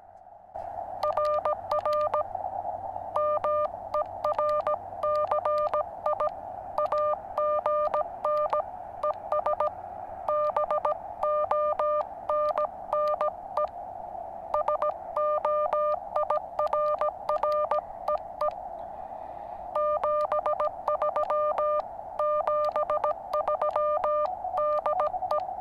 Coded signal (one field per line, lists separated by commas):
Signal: Morse code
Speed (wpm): 17 wpm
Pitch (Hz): 600 Hz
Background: none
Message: RR MERCI AGN ES BONNE SOIRREE 73 73 DE